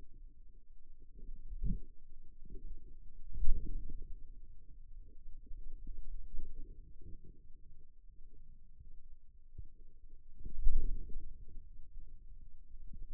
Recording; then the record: forearm muscle sounds (acoustic myography)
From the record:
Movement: wrist extension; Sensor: system 2, bracelet of six BSWA MPA416 microphones around the upper forearm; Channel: 5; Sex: male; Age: 22 years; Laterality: right